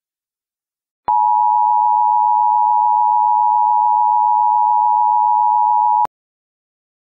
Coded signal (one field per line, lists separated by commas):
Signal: Emergency Alert System (SAME) tones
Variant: 853 and 960 Hz attention tone